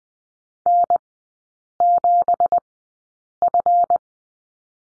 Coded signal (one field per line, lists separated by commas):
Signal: Morse code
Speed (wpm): 20 wpm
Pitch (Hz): 700 Hz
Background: none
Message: N7F